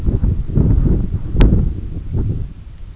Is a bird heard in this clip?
no